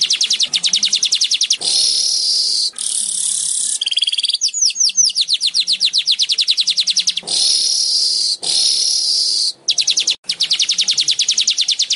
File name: Tieng chim dong doc chim rong roc dau vang